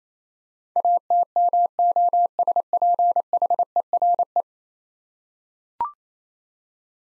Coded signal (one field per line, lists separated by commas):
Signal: Morse code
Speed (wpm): 28 wpm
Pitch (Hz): 700 Hz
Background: none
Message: ATMOSPHERE